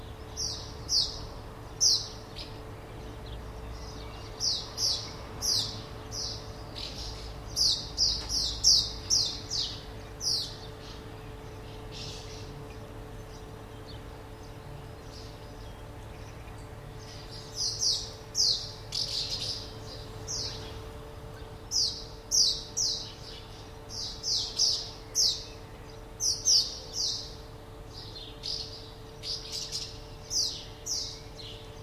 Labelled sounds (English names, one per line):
Common House Martin